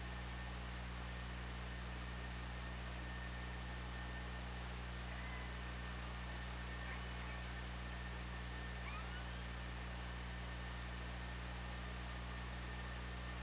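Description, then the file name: Killer whale calls: a few faint rising whistled sweeps and upward squeals, the clearest after the middle, over constant low underwater hum and hiss. Recorded with the OrcaLab hydrophone on 24 August 2017 at 20:03. "Orca Lab UTLN JASON 20170824 200317"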